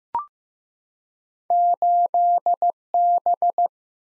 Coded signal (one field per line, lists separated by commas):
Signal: Morse code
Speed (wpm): 15 wpm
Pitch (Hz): 700 Hz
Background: none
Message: 8B